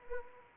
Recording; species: mosquito wingbeat signal from an infrared sensor; Anopheles arabiensis